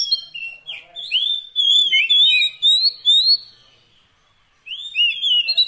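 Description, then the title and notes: Oriental magpie-robin song of bright sliding whistles and high ringing notes, then a silent pause before a fresh burst. Long-duration fill-in (isian) recording of kacer song, meant to make the bird sing actively day and night. "Kacer Jadi Gacor Siang Malam. Isian Kacer Durasi Panjang"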